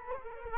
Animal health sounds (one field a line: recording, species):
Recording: mosquito wingbeat signal from an infrared sensor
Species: Culex quinquefasciatus